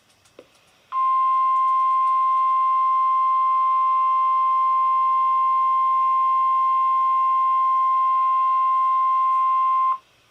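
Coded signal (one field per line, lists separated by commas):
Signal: Emergency Alert System (SAME) tones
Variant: 1050 Hz attention tone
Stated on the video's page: NOAA required weekly test from station KEC-60 in Milwaukee, received on an AcuRite weather radio.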